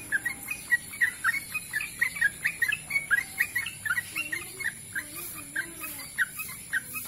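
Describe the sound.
Bird song made of fast, repeated high chirps that run steadily through the whole stretch. A few softer, lower notes sound near the end.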